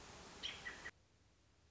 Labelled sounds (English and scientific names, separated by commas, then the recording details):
American Robin (Turdus migratorius)
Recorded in Sonoma County, California